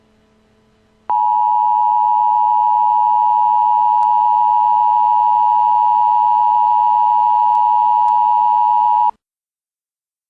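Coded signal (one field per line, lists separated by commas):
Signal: Emergency Alert System (SAME) tones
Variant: 853 and 960 Hz attention tone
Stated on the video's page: Fictional EAS alerts: civil danger warnings for Scranton, PA and national, emergency action notification, emergency action termination and an administrative message.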